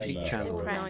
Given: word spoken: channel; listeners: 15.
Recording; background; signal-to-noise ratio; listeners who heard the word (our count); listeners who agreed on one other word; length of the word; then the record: one English word in noise, from a listening test; four-talker babble; -1.7 dB; 5 of 15; 6 of 15; 0.50 s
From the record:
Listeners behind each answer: 6, 5, 1, 1, 1, 1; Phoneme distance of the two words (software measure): 35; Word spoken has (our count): 2 syllables, 4 phonemes, stress on syllable 1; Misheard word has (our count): 1 syllable, 3 phonemes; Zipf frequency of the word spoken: 4.51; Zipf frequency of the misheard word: 3.62